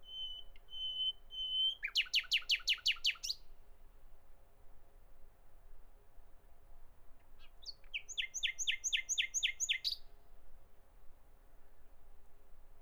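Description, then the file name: Common nightingale song: a sustained high whistle breaks into a fast, loud rattling trill, then silence, then another rapid stuttering phrase of sharp repeated notes. "Nachtigall"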